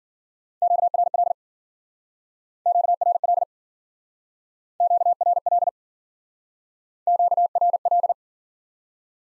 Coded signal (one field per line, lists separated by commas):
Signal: Morse code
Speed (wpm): 50 wpm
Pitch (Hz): 700 Hz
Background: none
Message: QRL QRL QRL QRL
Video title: Top 20 QSO Elements - Speed-Racing - 40wpm